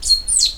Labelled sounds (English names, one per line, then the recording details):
Stitchbird song
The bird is a male
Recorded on Tiritiri Matangi Island, New Zealand, in 2005
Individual 8, of nest box 10